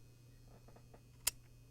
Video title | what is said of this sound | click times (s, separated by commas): Kaba 5031 B WL 26D 41 Access Programmable Best | time I'll put it to the microphone so you can hopefully hear the click click | 1.3 s